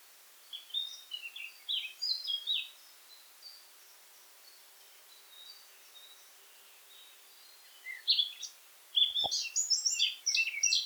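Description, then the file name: Eurasian blackcap warbling: soft, scratchy chattering notes at first, then a louder burst of fast, bright twittering at the end, with a single sharp knock. "Sylvia atricapilla"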